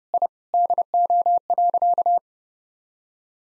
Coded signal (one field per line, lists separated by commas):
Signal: Morse code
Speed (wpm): 30 wpm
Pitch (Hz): 700 Hz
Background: none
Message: I DO.